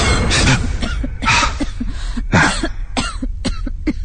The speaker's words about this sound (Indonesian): terdengar lagi suara batuk itu. Yang tadinya terdengar dari bawah, tapi sekarang suara batuk itu terdengar dari lantai atas tempatku tadi.